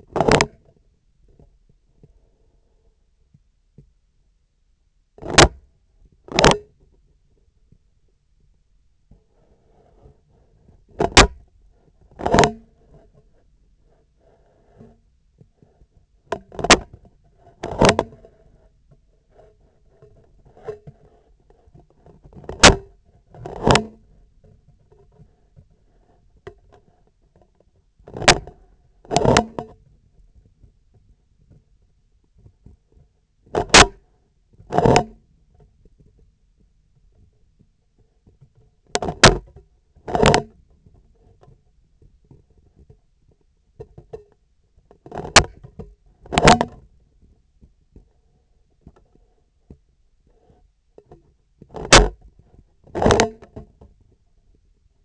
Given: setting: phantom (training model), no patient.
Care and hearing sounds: laparoscopic instrument, vibration sensor on the handle end; scissors; opening and closing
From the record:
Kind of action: tool actuation without material contact

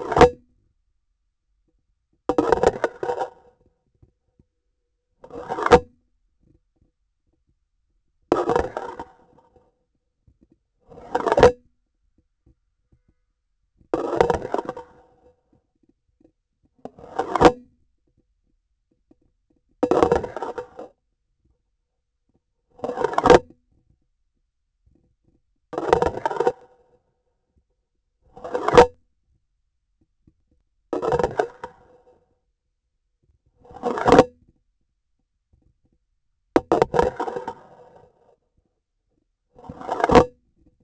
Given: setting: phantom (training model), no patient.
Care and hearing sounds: laparoscopic instrument, vibration sensor on the handle end; grasping forceps; insertion and removal through the trocar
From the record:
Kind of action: spatial motion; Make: Olympus

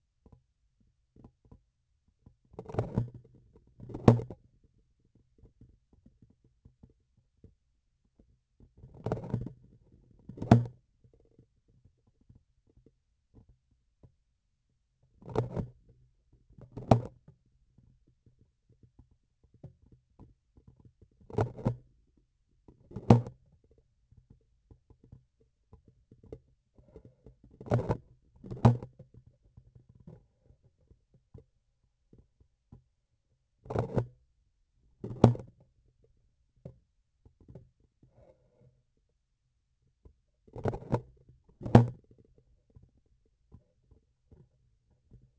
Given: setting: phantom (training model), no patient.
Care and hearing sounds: laparoscopic instrument, vibration sensor on the handle end; grasping forceps; opening and closing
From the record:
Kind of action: tool actuation without material contact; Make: other than Olympus

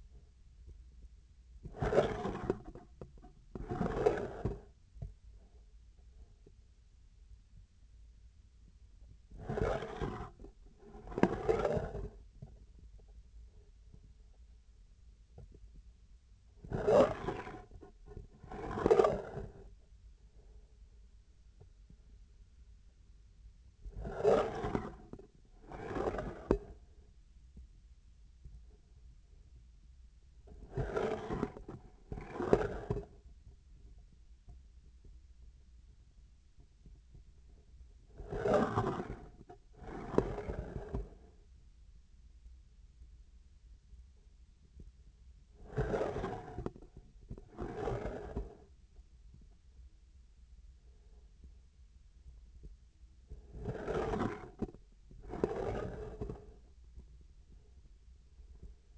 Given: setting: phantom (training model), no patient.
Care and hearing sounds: laparoscopic instrument, vibration sensor on the handle end; scissors; approaching and retracting movements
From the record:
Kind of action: spatial motion

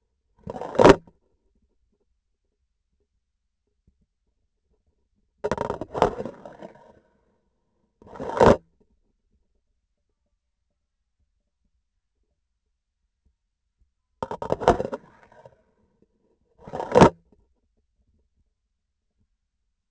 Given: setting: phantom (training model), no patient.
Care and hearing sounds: laparoscopic instrument, vibration sensor on the handle end; grasping forceps; insertion and removal through the trocar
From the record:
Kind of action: spatial motion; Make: other than Olympus

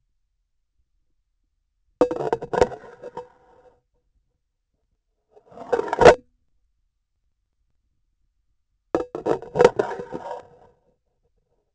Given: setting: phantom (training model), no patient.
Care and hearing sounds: laparoscopic instrument, vibration sensor on the handle end; grasping forceps; insertion and removal through the trocar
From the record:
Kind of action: spatial motion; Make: Olympus

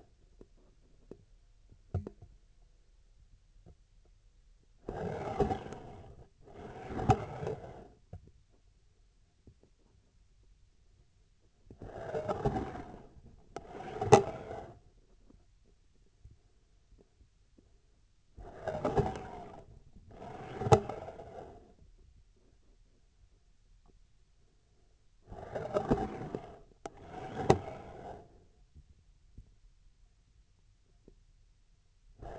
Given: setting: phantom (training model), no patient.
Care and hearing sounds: laparoscopic instrument, vibration sensor on the handle end; scissors; approaching and retracting movements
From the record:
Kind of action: spatial motion

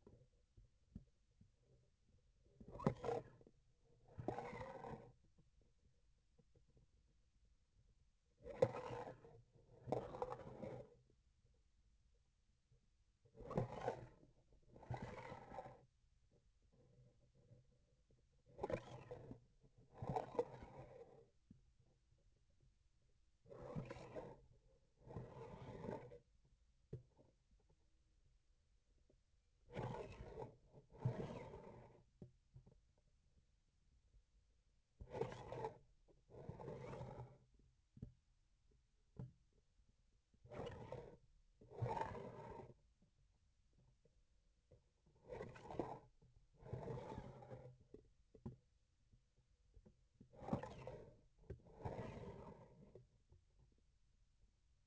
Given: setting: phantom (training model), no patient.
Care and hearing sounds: laparoscopic instrument, vibration sensor on the handle end; grasping forceps; approaching and retracting movements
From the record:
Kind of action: spatial motion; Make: other than Olympus

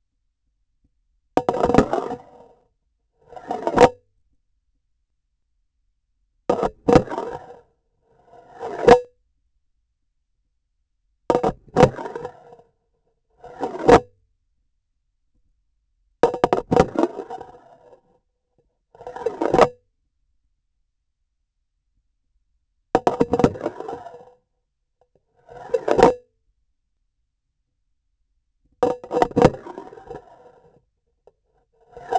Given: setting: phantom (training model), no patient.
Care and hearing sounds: laparoscopic instrument, vibration sensor on the handle end; grasping forceps; insertion and removal through the trocar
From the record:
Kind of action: spatial motion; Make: Olympus

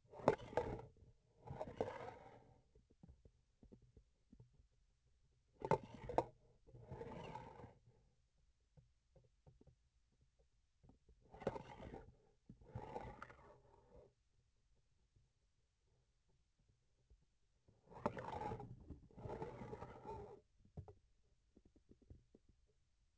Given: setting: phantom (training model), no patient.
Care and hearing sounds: laparoscopic instrument, vibration sensor on the handle end; grasping forceps; approaching and retracting movements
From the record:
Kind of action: spatial motion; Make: other than Olympus

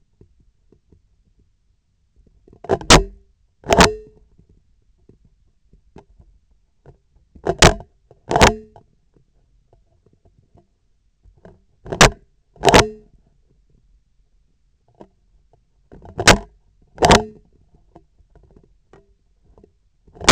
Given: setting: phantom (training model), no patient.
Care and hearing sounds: laparoscopic instrument, vibration sensor on the handle end; scissors; opening and closing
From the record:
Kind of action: tool actuation without material contact

